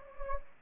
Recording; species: mosquito wingbeat signal from an infrared sensor; Anopheles gambiae